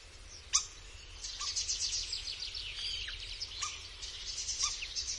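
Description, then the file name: Common starling song: a steady, busy stream of clicks, chatters and scratchy notes, punctuated by a few sharper snapping sounds. "Szpak"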